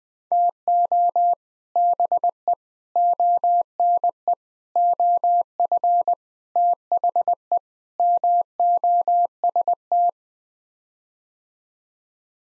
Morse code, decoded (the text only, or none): TO BE ONE OF THE MOST